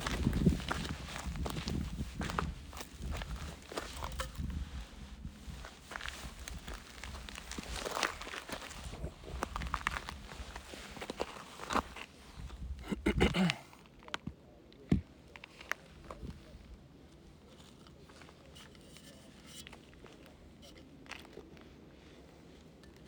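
Hiking in the McDowell Mountains: crunching footsteps and scuffing on the trail fill the first thirteen seconds, dense and uneven with a low rumble underneath. Then it suddenly quiets to a soft hush, broken by a sharp tap near fifteen seconds and scattered faint clicks.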